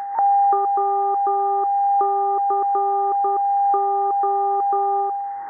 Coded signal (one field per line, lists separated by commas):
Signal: Morse code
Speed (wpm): 10 wpm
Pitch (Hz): 1200 Hz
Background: none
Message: WCO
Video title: The NEW RSP1B SDR Receiver From SDRPlay